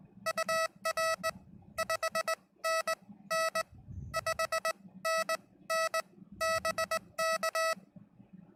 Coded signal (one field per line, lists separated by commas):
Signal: Morse code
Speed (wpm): 20 wpm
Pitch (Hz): 650 Hz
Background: none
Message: UR 5NN 5NN BK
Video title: Learning MORE CW! Morse Code Practice with other YouTubers